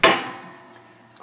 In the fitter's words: dropped it down, clicks